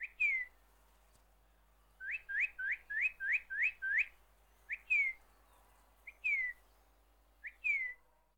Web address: KMP Film Video Sound Effects. Vogels - Kardinaalvink